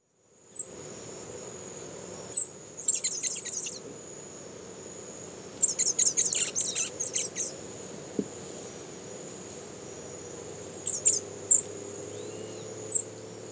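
Blue dacnis giving thin, very high-pitched sharp notes, single and in short clustered bursts, over a steady shrill insect drone.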